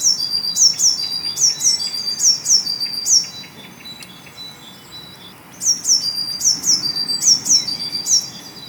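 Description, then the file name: Eurasian blue tit calls: repeated high, piercing descending notes ending in buzzy rattles, two series of rapid calls separated by a short pause. "Cyanistes caeruleus"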